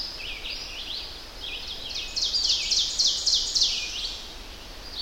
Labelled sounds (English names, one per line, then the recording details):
Ovenbird song
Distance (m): 35 m
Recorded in boreal forest in Alberta, Canada, on 10 June 2016 at 05:49
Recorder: SongMeter 3, array SBT-3-39
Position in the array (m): 208 m, 163 m
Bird 17